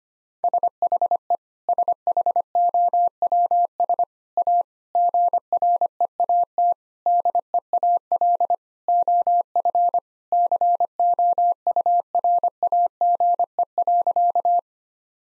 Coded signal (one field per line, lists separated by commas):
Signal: Morse code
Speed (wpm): 25 wpm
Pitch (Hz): 700 Hz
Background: none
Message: SHE SHOWS A GREAT DEAL OF COURAGE.